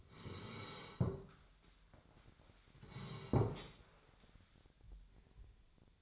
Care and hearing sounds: daily activity, microphone in the room; sit down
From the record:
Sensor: 3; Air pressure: 1015.2 hPa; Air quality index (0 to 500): 140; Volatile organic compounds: 7 ppm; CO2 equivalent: 1982 ppm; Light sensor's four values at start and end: 14/38/15/16 and 15/38/15/16

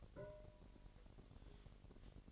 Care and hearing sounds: daily activity, microphone in the room; take from stove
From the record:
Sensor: 4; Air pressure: 1012.9 hPa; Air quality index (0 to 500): 238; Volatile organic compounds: 4 ppm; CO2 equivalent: 1584 ppm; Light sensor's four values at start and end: 31/73/30/29 and 30/71/29/29

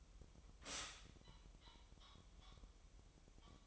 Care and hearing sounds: daily activity, microphone in the room; stop toaster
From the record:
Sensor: 1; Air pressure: 988.6 hPa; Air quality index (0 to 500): 197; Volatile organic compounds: 950 ppm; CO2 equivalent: 5244 ppm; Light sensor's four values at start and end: 25/94/35/37 and 25/94/35/37

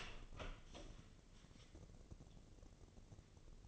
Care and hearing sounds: daily activity, microphone in the room; open door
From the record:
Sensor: 4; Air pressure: 1013.2 hPa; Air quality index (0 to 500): 178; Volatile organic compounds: 2 ppm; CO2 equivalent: 1121 ppm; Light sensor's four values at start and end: 78/189/80/81 and 107/268/110/118

